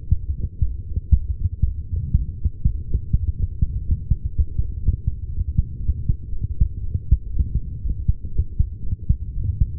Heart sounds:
heart sounds by stethoscope; 117 bpm
0.10 s: heartbeat
0.62 s: heartbeat
1.13 s: heartbeat
1.65 s: heartbeat
2.16 s: heartbeat
2.67 s: heartbeat
3.19 s: heartbeat
3.71 s: heartbeat
4.23 s: heartbeat
4.75 s: heartbeat
5.27 s: heartbeat
5.78 s: heartbeat
6.29 s: heartbeat
6.81 s: heartbeat
7.31 s: heartbeat
7.82 s: heartbeat
8.33 s: heartbeat
8.84 s: heartbeat
9.35 s: heartbeat
From the record:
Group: healthy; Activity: light exercise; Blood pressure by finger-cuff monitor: 138/75 mmHg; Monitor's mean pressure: 94 mmHg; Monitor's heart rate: 116 bpm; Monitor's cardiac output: 11.6 L/min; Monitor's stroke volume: 93 mL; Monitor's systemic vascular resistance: 570 dyn s/cm5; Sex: female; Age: 43 years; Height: 160 cm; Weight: 90 kg

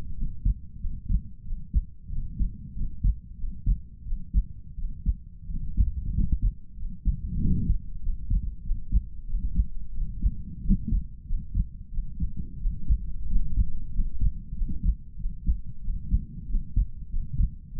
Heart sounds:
heart sounds by stethoscope; 92 bpm
0.14 s: heartbeat
0.78 s: heartbeat
1.43 s: heartbeat
2.09 s: heartbeat
2.73 s: heartbeat
3.36 s: heartbeat
4.03 s: heartbeat
4.75 s: heartbeat
5.47 s: heartbeat
6.12 s: heartbeat
6.75 s: heartbeat
7.39 s: heartbeat
8.00 s: heartbeat
8.62 s: heartbeat
9.26 s: heartbeat
9.92 s: heartbeat
10.62 s: heartbeat
11.25 s: heartbeat
11.90 s: heartbeat
12.58 s: heartbeat
13.27 s: heartbeat
13.91 s: heartbeat
14.53 s: heartbeat
15.17 s: heartbeat
15.81 s: heartbeat
16.47 s: heartbeat
17.08 s: heartbeat
17.71 s: heartbeat
From the record:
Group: healthy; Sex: male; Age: 22 years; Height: 181 cm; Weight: 60 kg

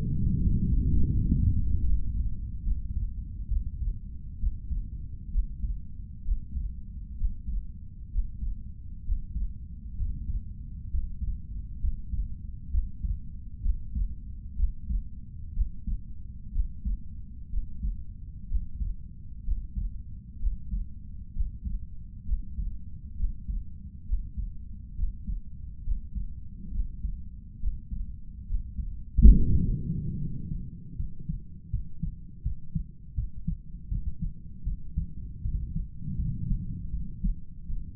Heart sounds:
heart sounds by stethoscope; 69 bpm
0.37 s: heartbeat
1.12 s: heartbeat
1.85 s: heartbeat
2.63 s: heartbeat
3.48 s: heartbeat
4.38 s: heartbeat
5.30 s: heartbeat
6.23 s: heartbeat
7.15 s: heartbeat
8.09 s: heartbeat
9.02 s: heartbeat
9.95 s: heartbeat
10.88 s: heartbeat
11.78 s: heartbeat
12.69 s: heartbeat
13.61 s: heartbeat
14.55 s: heartbeat
15.52 s: heartbeat
16.51 s: heartbeat
17.48 s: heartbeat
18.46 s: heartbeat
19.42 s: heartbeat
20.37 s: heartbeat
21.31 s: heartbeat
22.23 s: heartbeat
23.14 s: heartbeat
24.04 s: heartbeat
24.93 s: heartbeat
25.82 s: heartbeat
26.70 s: heartbeat
27.58 s: heartbeat
28.44 s: heartbeat
29.32 s: heartbeat
30.17 s: heartbeat
30.95 s: heartbeat
31.69 s: heartbeat
32.42 s: heartbeat
33.14 s: heartbeat
33.88 s: heartbeat
34.64 s: heartbeat
35.42 s: heartbeat
36.16 s: heartbeat
36.90 s: heartbeat
37.66 s: heartbeat
From the record:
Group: healthy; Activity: Valsalva maneuver 0-29 s, rest 29-38 s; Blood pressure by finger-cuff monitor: 110/61 mmHg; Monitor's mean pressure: 73 mmHg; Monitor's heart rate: 67 bpm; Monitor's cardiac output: 6.5 L/min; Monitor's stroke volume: 98 mL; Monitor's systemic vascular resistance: 800 dyn s/cm5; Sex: male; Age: 35 years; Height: 180 cm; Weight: 86.9 kg

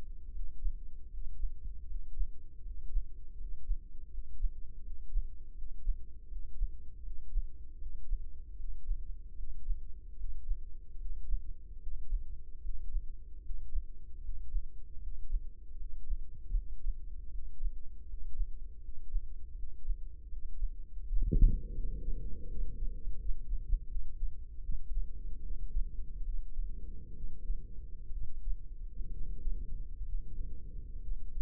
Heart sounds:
heart sounds by microphone in the left ear; 76 bpm
0.31 s: heartbeat
1.09 s: heartbeat
1.86 s: heartbeat
2.62 s: heartbeat
3.36 s: heartbeat
4.10 s: heartbeat
4.82 s: heartbeat
5.54 s: heartbeat
6.28 s: heartbeat
7.02 s: heartbeat
7.78 s: heartbeat
8.56 s: heartbeat
9.35 s: heartbeat
10.16 s: heartbeat
10.97 s: heartbeat
11.79 s: heartbeat
12.61 s: heartbeat
13.41 s: heartbeat
14.20 s: heartbeat
14.99 s: heartbeat
15.76 s: heartbeat
16.53 s: heartbeat
17.30 s: heartbeat
18.05 s: heartbeat
18.80 s: heartbeat
19.55 s: heartbeat
20.28 s: heartbeat
21.02 s: heartbeat
21.74 s: heartbeat
22.46 s: heartbeat
23.16 s: heartbeat
23.86 s: heartbeat
24.61 s: heartbeat
25.40 s: heartbeat
26.23 s: heartbeat
27.12 s: heartbeat
28.09 s: heartbeat
29.09 s: heartbeat
30.03 s: heartbeat
30.99 s: heartbeat
From the record:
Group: healthy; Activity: rest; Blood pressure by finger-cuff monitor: 100/75 mmHg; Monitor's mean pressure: 84 mmHg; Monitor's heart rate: 79 bpm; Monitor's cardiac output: 5.5 L/min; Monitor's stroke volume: 70 mL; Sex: female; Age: 32 years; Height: 172 cm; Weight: 71.7 kg

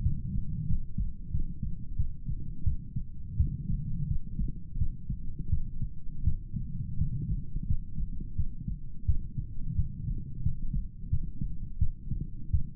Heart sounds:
heart sounds by stethoscope; 87 bpm
0.03 s: heartbeat
0.67 s: heartbeat
1.32 s: heartbeat
1.97 s: heartbeat
2.64 s: heartbeat
3.37 s: heartbeat
4.08 s: heartbeat
4.78 s: heartbeat
5.50 s: heartbeat
6.24 s: heartbeat
6.98 s: heartbeat
7.67 s: heartbeat
8.36 s: heartbeat
9.06 s: heartbeat
9.76 s: heartbeat
10.43 s: heartbeat
11.10 s: heartbeat
11.79 s: heartbeat
12.51 s: heartbeat
From the record:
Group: healthy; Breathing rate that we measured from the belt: 19 breaths a minute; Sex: male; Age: 35 years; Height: 178 cm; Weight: 64 kg

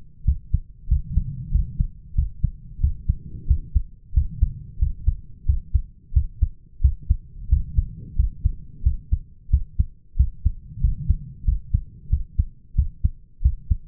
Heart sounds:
heart sounds by stethoscope; 91 bpm
0.27 s: heartbeat
0.90 s: heartbeat
1.54 s: heartbeat
2.17 s: heartbeat
2.82 s: heartbeat
3.49 s: heartbeat
4.16 s: heartbeat
4.81 s: heartbeat
5.48 s: heartbeat
6.15 s: heartbeat
6.83 s: heartbeat
7.51 s: heartbeat
8.18 s: heartbeat
8.85 s: heartbeat
9.52 s: heartbeat
10.18 s: heartbeat
10.83 s: heartbeat
11.47 s: heartbeat
12.12 s: heartbeat
12.77 s: heartbeat
13.44 s: heartbeat
From the record:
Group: healthy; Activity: rest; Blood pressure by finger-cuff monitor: 166/104 mmHg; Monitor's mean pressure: 119 mmHg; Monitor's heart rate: 90 bpm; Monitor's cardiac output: 6.9 L/min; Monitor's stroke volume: 76 mL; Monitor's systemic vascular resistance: 1300 dyn s/cm5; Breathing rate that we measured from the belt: 18 breaths a minute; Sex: male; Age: 21 years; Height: 175 cm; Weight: 72.6 kg

